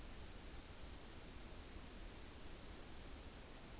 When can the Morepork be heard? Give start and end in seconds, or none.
none